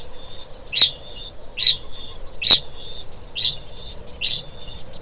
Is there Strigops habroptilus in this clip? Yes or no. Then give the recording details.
yes. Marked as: faintness 3/5. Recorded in New Zealand. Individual Stumpy